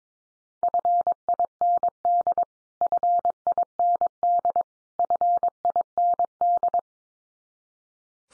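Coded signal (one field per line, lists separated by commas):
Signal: Morse code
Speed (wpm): 22 wpm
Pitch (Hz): 700 Hz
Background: none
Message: FIND FIND FIND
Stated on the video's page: Practice drill of the 100 most common English words, each sent three times at 22wpm, then sent again.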